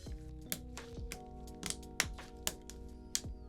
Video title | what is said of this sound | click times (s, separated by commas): Replace Your Bose QC 35 Earpads Under 2 Minutes!!! - Repair Video | you'll hear a pop every time you get one in | 0.5 s, 1.1 s, 2.0 s, 2.5 s, 3.2 s